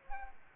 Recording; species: mosquito wingbeat signal from an infrared sensor; Aedes aegypti